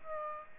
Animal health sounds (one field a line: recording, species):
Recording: mosquito wingbeat signal from an infrared sensor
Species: Aedes aegypti